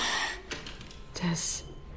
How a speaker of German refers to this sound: Das ist das Atmen eines Kindes, das Angst hat. An Ort und Stelle verharrt.